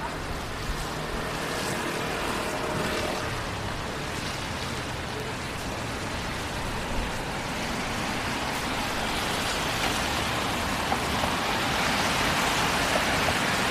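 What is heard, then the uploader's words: A steady, dense hiss of rain fills a downtown walk, with the low rumble of passing traffic underneath and faint patters throughout. Going For A Walk Downtown on A Rainy Night.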